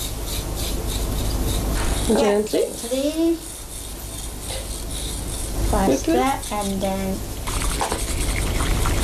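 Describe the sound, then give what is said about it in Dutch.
A bamboo whisk (chasen) briskly swishes and scrapes through matcha powder and hot water in a bowl, a steady hissing rub that runs the whole time while two short bursts of speech break in. “I have to use this bamboo whisk called chasen.”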